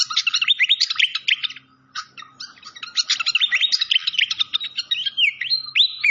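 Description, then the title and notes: Malaysian pied fantail singing a rapid, varied twitter of looping whistled notes, with a brief pause early on and a drawn-out wavering whistle near the end. Masteran (training recording) of clear-voiced song, mixed with the sound of flowing water. "Masteran Sikatan Kipas Suara Jernih Dan Suara Gemericik Air. Suara Burung Sikatan Londo"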